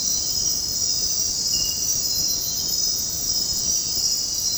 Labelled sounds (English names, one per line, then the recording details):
none
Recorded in dense forest near Puerto Asís, Putumayo, Colombia, on 19 February 2024 at 00:00
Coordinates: 0.503, -76.322
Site G6418